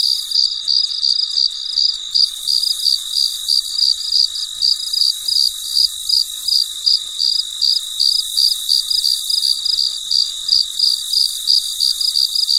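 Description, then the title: Cricket chirping in rapid, evenly spaced high pulses throughout, over a steady high hum. Recorded late at night; very quiet surroundings. "深夜录制蟋蟀昆虫声"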